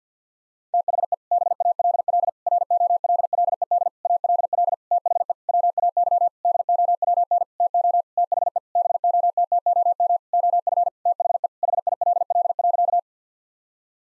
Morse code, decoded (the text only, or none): THE BALL ROLLED ALL THE WAY DOWN TO THE BOTTOM OF THE HILL.